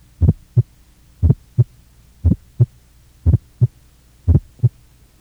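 Regular heartbeat at about 59 per minute in an adult, heard by stethoscope; each first sound is split into two close parts, the later one sharp and click-like, followed by a single second sound. This aortic ejection sound is hardly affected by respiration or body position and appears in almost all cases of congenital aortic stenosis.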